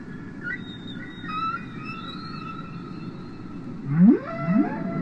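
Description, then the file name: Humpback whale song: long tonal moans with harmonics held across the first seconds, then two loud upswept whoops rising near the end over a low rumbling background. "Ballena Jorobada"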